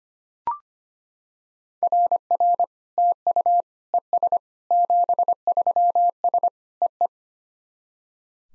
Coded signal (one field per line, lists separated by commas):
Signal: Morse code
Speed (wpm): 25 wpm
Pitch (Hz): 700 Hz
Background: none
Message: RR TU ES 73S EE